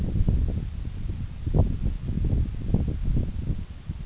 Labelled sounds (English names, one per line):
none